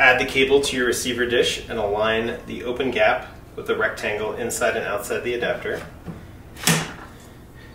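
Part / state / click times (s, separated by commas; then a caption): satellite dish mast into tripod adapter / seated / 6.7 s. Someone talks as the mast of a Starlink Actuated (Gen 2) satellite dish, with its cable run through the open gap, is lined up with the rectangular slot in a plastic StarDapter tripod adapter and let drop under its own weight. A sharp click at 6.7 s marks the mast seating in the tripod adapter.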